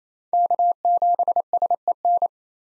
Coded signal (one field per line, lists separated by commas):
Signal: Morse code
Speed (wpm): 27 wpm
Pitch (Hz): 700 Hz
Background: none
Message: K7SEN